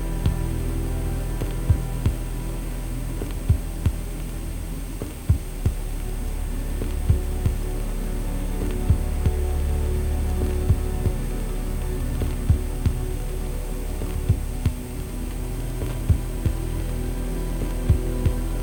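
A deep, steady bass drone like a heating system hums throughout, with faint crackle and sharp vinyl-like pops clicking every second or two.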